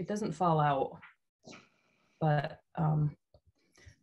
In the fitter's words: i don't know i'm disappointed that i didn't get the click on this one i'm also gonna